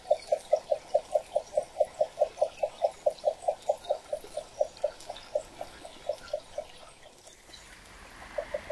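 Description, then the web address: Columbia spotted frog call: a rapid series of low, clucking knocks running for most, pausing, then resuming briefly. Frog call from North America. "Natures Songs N America Songs of Frogs Toads of North America Columbia Spotted Frog"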